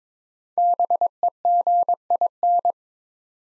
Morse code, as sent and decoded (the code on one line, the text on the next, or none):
-... . --. .. -.
BEGIN